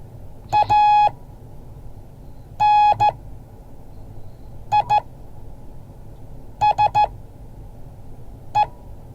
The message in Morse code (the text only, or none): ANISE